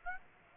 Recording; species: mosquito wingbeat signal from an infrared sensor; Aedes aegypti